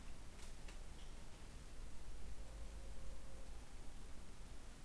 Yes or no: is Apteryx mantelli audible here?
no